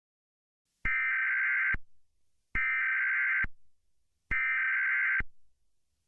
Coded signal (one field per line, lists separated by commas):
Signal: Emergency Alert System (SAME) tones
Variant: header bursts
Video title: EAS Mock - Oregon RMT 2011 recreation in 2020